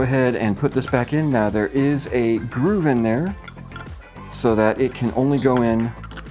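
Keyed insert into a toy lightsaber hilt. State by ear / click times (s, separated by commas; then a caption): not seated / none. A keyed insert is lined up with the groove inside a toy lightsaber hilt and handled while someone talks over background music. A few faint clinks and handling sounds are heard, but nothing has seated or clicked yet.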